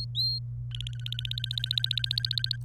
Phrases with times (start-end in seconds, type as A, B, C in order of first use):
0.00-0.39 A, 0.70-2.56 B